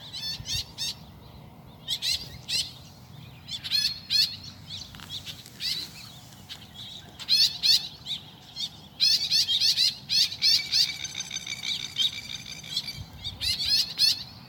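Woodswallow chatter: long run of harsh, scratchy chirps in irregular bursts, busier in the second half.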